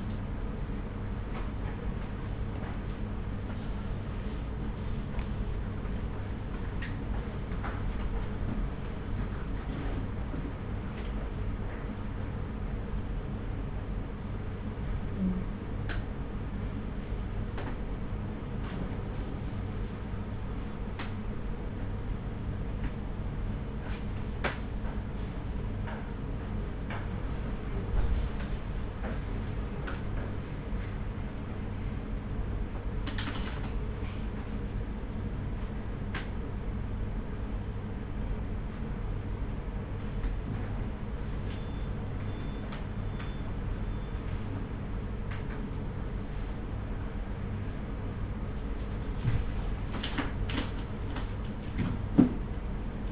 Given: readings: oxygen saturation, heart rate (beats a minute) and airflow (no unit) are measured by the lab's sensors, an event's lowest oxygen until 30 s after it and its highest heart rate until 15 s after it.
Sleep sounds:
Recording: a person awake in a sleep study, by a smartphone at the bedside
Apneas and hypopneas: none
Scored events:
0.00-53.12 s: awake
0.00-53.12 s: awake
From the record:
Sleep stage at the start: awake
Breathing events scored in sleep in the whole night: 210 in 6.9 hours asleep

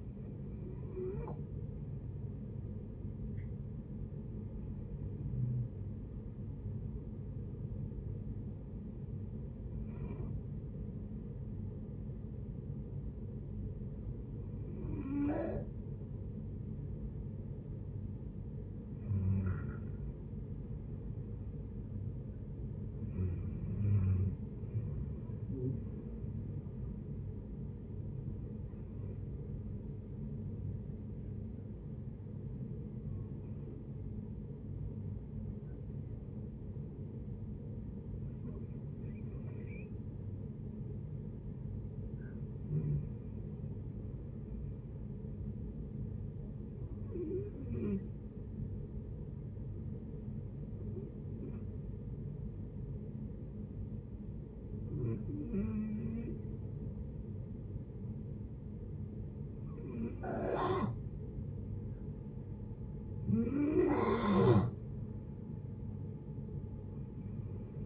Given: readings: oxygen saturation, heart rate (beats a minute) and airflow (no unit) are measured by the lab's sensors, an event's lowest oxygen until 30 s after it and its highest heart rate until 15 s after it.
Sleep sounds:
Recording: breathing in sleep by a smartphone at the bedside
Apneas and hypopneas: 3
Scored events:
10.00-21.40 s: hypopnea (N1, oxygen 93% highest, then 89% lowest)
29.00-39.90 s: hypopnea (N1, oxygen 95% highest, then 90% lowest)
49.00-63.70 s: hypopnea (N1, oxygen 93% highest, then 89% lowest)
From the record:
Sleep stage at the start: N1 (lightest sleep)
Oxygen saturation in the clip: 89 to 95%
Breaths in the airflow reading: 14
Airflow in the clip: -9.7 to 10.1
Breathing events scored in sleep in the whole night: 496 in 5.4 hours asleep

